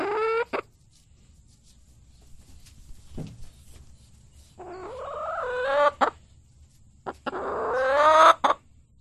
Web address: kurinoe kudahtane tiho